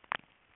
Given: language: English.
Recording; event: throat vibration sensor signal played as sound; swallow